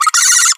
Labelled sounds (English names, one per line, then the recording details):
Green-rumped Parrotlet babbling
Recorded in a nest box in Venezuela
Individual 18B25A5